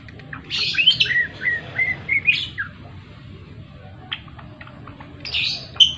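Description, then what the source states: Java sparrow singing a quick run of chirps and bell-like notes, then a pause and a brief renewed burst, with a low background hum. Indonesian name gelatik belong jawa; described as gacor, an actively singing bird.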